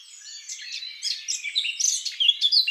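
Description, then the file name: Eurasian blackcap song: quiet scratchy chatter that builds into louder, clearer whistled phrases, the loudest notes coming in the final second. "Sylvia atricapilla"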